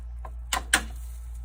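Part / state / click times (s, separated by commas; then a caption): ribbon supply spool in a photo printer ribbon cassette / seated / 0.5 s, 0.7 s. The yellow supply-side hub of a new dye-sub ribbon cartridge is pushed into its holder in a photo printer ribbon cassette over a steady low hum, with a faint tick at 0.3 s. Two loud, sharp plastic clicks follow at 0.5 s and 0.7 s as the ribbon supply spool seats firmly in place.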